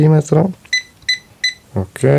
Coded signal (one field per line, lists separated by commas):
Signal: none